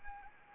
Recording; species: mosquito wingbeat signal from an infrared sensor; Anopheles arabiensis